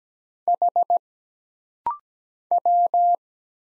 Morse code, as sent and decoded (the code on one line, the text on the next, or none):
.... / .--
H W